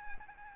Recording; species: mosquito wingbeat signal from an infrared sensor; Aedes albopictus